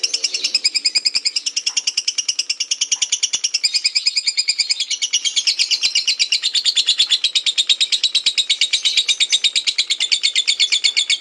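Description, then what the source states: Lovebird chattering call: continuous high, rasping pulsed chatter with a few soft clicks in the background. Lutino lovebird; ngekek chattering call, used for training.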